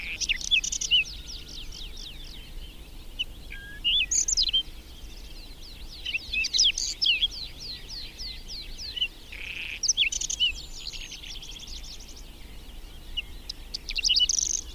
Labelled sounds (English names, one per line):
Whinchat song